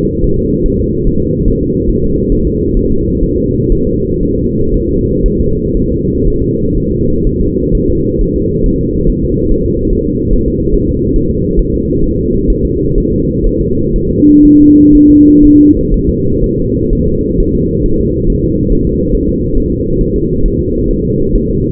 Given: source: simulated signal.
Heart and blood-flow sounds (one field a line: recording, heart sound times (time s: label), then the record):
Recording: fetal heart sounds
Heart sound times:
0.24 s: S1
0.39 s: S2
0.66 s: S1
0.81 s: S2
1.07 s: S1
1.22 s: S2
1.48 s: S1
1.63 s: S2
1.90 s: S1
2.04 s: S2
2.32 s: S1
2.47 s: S2
2.77 s: S1
2.91 s: S2
3.23 s: S1
3.38 s: S2
3.72 s: S1
3.87 s: S2
4.23 s: S1
4.38 s: S2
4.74 s: S1
4.89 s: S2
5.26 s: S1
5.41 s: S2
5.77 s: S1
5.92 s: S2
6.28 s: S1
6.42 s: S2
6.78 s: S1
6.92 s: S2
7.27 s: S1
7.41 s: S2
7.75 s: S1
7.90 s: S2
8.21 s: S1
8.36 s: S2
8.66 s: S1
8.81 s: S2
9.10 s: S1
9.24 s: S2
9.52 s: S1
9.66 s: S2
9.93 s: S1
10.07 s: S2
10.33 s: S1
10.48 s: S2
10.74 s: S1
10.89 s: S2
11.16 s: S1
11.31 s: S2
11.59 s: S1
11.74 s: S2
12.04 s: S1
12.19 s: S2
12.50 s: S1
12.65 s: S2
12.98 s: S1
13.12 s: S2
13.47 s: S1
13.61 s: S2
13.96 s: S1
14.11 s: S2
14.45 s: S1
14.60 s: S2
14.95 s: S1
15.10 s: S2
15.45 s: S1
15.59 s: S2
15.94 s: S1
16.09 s: S2
16.44 s: S1
16.59 s: S2
16.93 s: S1
17.08 s: S2
17.40 s: S1
17.55 s: S2
17.86 s: S1
18.01 s: S2
18.30 s: S1
18.44 s: S2
18.72 s: S1
18.87 s: S2
19.15 s: S1
19.29 s: S2
19.57 s: S1
19.72 s: S2
20.01 s: S1
20.16 s: S2
20.46 s: S1
20.60 s: S2
20.91 s: S1
21.05 s: S2
21.36 s: S1
21.50 s: S2
From the record:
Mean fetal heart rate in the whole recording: 130 bpm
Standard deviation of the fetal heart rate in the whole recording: 4 bpm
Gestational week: 38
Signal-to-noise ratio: -15.3 dB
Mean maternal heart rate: 72 bpm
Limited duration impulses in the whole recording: present